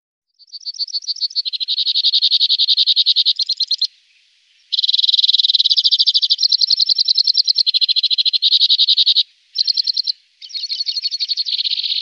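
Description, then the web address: Two-barred crossbill giving long, dry, rapid trills on a high pitch, broken into several bursts that shift slightly up and down, with short pauses between. "Faglar Sound Bandelkorsnabb"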